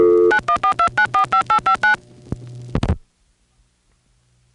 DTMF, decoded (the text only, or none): 9142945859